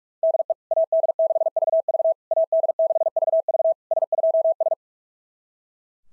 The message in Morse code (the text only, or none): DE AD6VV AD6VV S2S